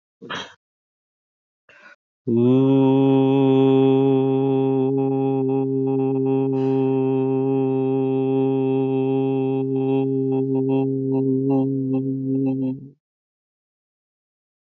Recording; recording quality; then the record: sustained vowel as in boot; excellent, no background noise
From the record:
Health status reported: healthy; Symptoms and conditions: none ticked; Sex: male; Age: 38 years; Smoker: not ticked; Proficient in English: yes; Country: India